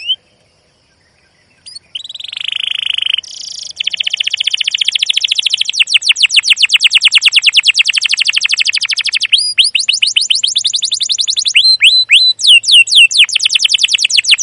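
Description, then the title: Canary song: a brief note, a pause, then a steady buzzy trill giving way to a long fast series of repeated chirps and upslurred whistles. Used as a lure recording to train young canaries to sing; long, lively chirping song style. "CUIT CUIT NGEROL LANGSUNG GACOR PANJANG Kenari Ini AMPUH Utk Pancingan KENAR. PANCINGAN Kenari GACOR PANJANG Cuit CUIT EMOSI ini AMPUH utk MASTERAN Kenari PAUD belajar BUNYI"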